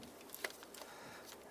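An electrical plug is pushed down onto a fuel injector on a 2007-2015 Mazda CX-9, and it clicks in at 0.5 s with a sharp, bright snap. Fainter small ticks come just before and after it. The connector is seated.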